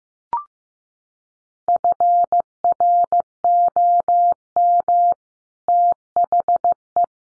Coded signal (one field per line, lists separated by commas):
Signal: Morse code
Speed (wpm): 15 wpm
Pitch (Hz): 700 Hz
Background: none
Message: FROM THE